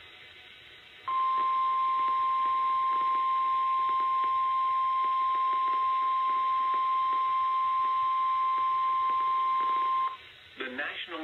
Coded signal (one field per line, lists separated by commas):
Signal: Emergency Alert System (SAME) tones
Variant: 1050 Hz attention tone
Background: speech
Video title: EAS 33 - Severe Thunderstorm Warning